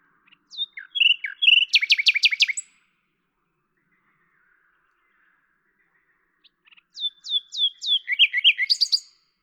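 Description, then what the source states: Common nightingale song: two phrases of fast repeated sharp notes and chirps separated by a quiet pause of about four seconds. At Lavours, France, on 10 May 1998; Tascam DAP-1 with Télingua microphone, edited in Samplitude 5.1.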